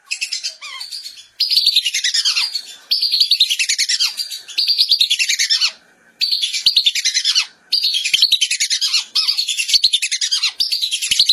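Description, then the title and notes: Whistling duck calls come as quick runs of shrill, chattering whistles, burst after burst with brief gaps between them. "Kicau Burung Belibis"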